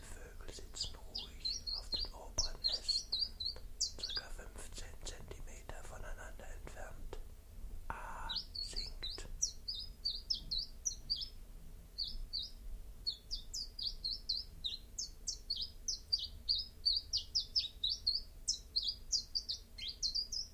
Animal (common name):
Common Chiffchaff